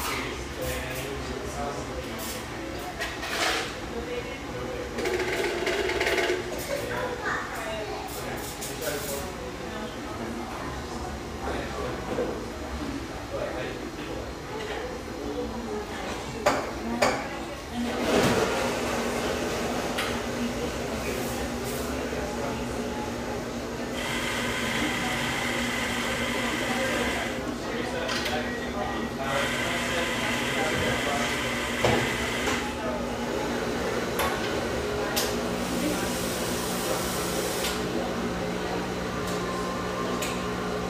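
Lively coffeeshop ambience with a steady murmur of overlapping voices and a low, constant hum underneath. Brief clatters and knocks of cups or dishes pop up, notably around 17 to 18 seconds, and a bright hissing sound, like a steamer, comes and goes after 24 seconds.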